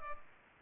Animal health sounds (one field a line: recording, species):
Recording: mosquito wingbeat signal from an infrared sensor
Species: Culex pipiens